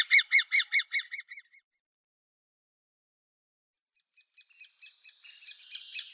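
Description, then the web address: Great spotted woodpecker nestlings calling: a quick run of harsh, ticking calls, a pause of over two seconds, then a busier, overlapping burst of high squeaky calls. "Schulze Peter Great Spotted Woodpecker nestlings"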